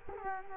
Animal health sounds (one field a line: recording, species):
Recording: mosquito wingbeat signal from an infrared sensor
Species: Culex quinquefasciatus